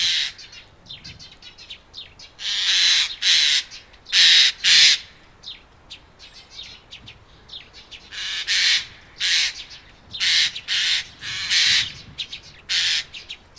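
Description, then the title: Eurasian jay giving several harsh, rasping screeches, singly and in pairs. "Viikon luontoääni: Närhi"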